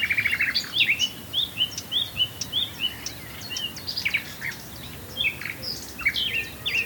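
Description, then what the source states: Common nightingale song: a fast stuttering run of repeated notes, then a busy jumble of varied chirps and short whistled phrases. Swale.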